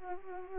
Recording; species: mosquito wingbeat signal from an infrared sensor; Anopheles arabiensis